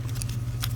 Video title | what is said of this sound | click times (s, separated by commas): I ❤️ Toys! - Episode 122 (Transformers Studio Series 86 - 04 Autobot Hot Rod) | ah there we go hey i just heard it snap in there | 0.6 s